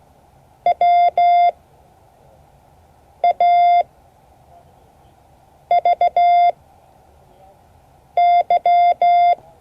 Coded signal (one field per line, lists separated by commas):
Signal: Morse code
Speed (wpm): 16 wpm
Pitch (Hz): 700 Hz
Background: none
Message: W A V Y